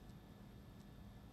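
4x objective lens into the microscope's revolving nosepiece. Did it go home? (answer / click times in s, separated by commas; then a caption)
no / none. A 4x objective lens is handled on a microscope's revolving nosepiece, being turned to sit over the slide. A steady low hum fills the short stretch, with faint soft ticks. The lens has not yet clicked into place.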